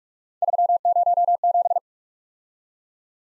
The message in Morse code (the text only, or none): 307